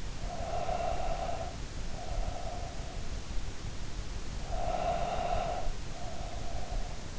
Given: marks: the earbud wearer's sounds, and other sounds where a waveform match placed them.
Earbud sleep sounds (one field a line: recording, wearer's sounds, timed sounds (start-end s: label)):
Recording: sounds in sleep by an in-ear microphone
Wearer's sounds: breath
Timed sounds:
0.05-3.04 s: breath
4.24-7.18 s: breath